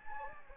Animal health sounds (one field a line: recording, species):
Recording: mosquito wingbeat signal from an infrared sensor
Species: Anopheles gambiae